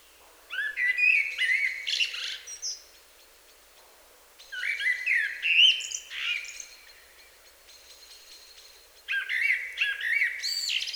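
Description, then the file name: Common blackbird song of three separate phrases: rich, low fluting whistles followed by thin, high twitters, with pauses of about one and a half to two seconds between phrases. "Turdus merula"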